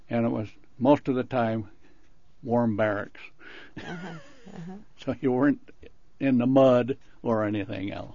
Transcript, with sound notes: and it was most of the time warm [laughs] So you weren't in the mud, or anything